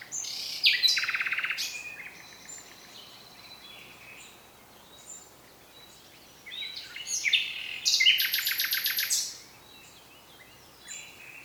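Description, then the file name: Common nightingale delivering rich song phrases: a fast rattling trill, soft whistles, then a loud rapid sequence of repeated sharp notes and buzzes before quieter notes. "Luscinia megarhynchos"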